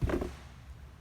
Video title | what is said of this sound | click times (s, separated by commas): How to replace your StreetStrider 11s shifter cable | to the plug side of it, you would plug this back into the motor unit until you hear the click, like that. | 0.1 s, 0.2 s